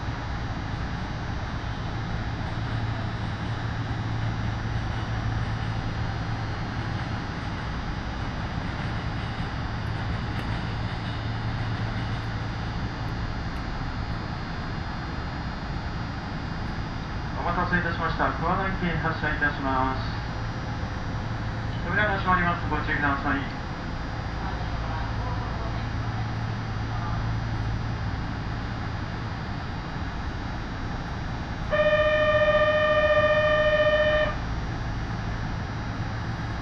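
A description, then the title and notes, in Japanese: A ride on the Yōrō Railway, with a steady low rumble and hum running throughout. A voice speaks in two short stretches around 17 and 22 seconds, and a clear electronic tone sounds for about two seconds near 32 seconds. 養老鉄道 揖斐→大垣→養老。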